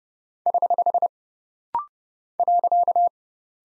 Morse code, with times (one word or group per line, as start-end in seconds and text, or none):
0.5-1.1 <HH>
2.4-3.1 .